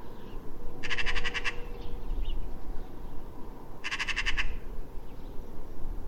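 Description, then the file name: Eurasian magpie giving harsh rattling chatter, two bursts of rapid clacking notes about three seconds apart, over a steady low rumble with faint bird calls. "Pica pica"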